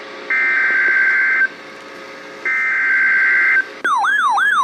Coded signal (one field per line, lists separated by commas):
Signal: Emergency Alert System (SAME) tones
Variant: header bursts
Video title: Severe Thunderstorm Warning (EAS #1481)